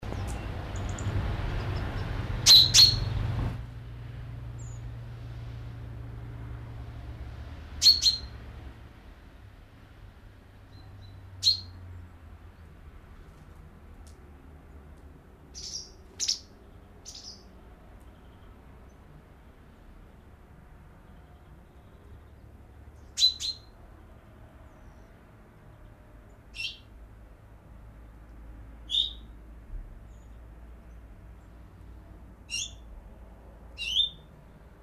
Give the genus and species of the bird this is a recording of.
Fringilla coelebs